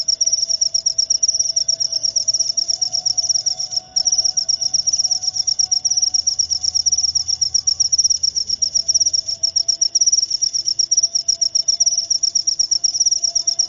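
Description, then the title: Cricket giving a steady high-pitched pulsing trill, broken once by a brief pause, over a low background hum with a faint tonal drone. Loud cricket chirping (ngerik), used to make lovebirds sing continuously (ngekek). "Suara JANGKRIK NGERIK Keras Bikin LOVEBIRD Jadi NGEKEK Terus Vubey"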